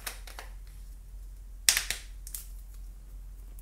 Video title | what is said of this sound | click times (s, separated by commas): Epson ET-3850 : Full Setup Guide - Step by Step Explanations | Screw back the cap until it clicks. | 1.7 s